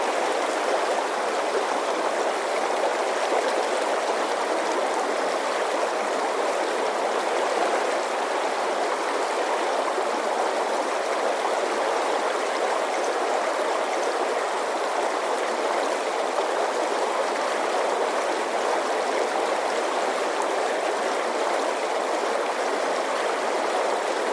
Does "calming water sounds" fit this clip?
yes